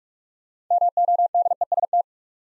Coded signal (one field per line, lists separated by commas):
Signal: Morse code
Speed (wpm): 44 wpm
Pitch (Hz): 700 Hz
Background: none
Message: MODEST